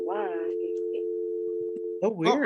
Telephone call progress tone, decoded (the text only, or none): dial tone